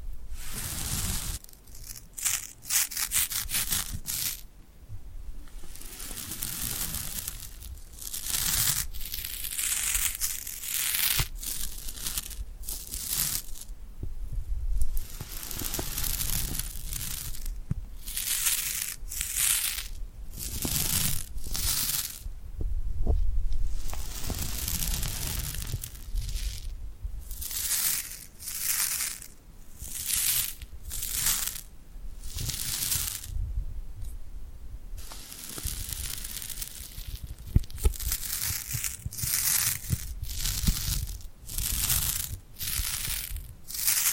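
Tingly glued hand sounds: sticky skin peeling and rubbing in quick, dense bursts of crackling and tearing. The bright crinkly texture runs steadily through all 44 seconds, broken by short pauses, with a soft low rumble underneath.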